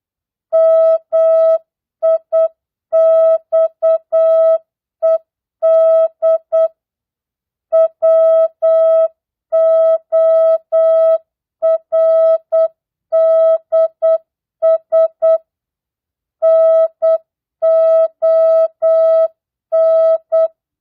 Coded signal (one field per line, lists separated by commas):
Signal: Morse code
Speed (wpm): 8 wpm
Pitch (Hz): 650 Hz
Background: music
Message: MIXED WORDS NON